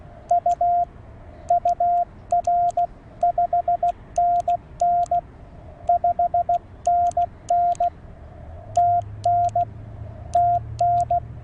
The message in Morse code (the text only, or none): U UR 5NN 5NN TN TN